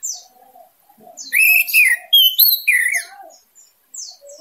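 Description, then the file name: Orange-headed thrush song of loud, rich, swooping whistled phrases mixed with high buzzy notes, preceded by soft low chirps. "suara anis merah teler gacor dor"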